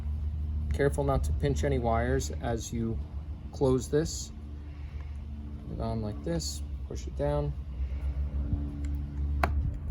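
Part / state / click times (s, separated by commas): switch housing halves clamping onto ATV handlebar / seated / 9.4 s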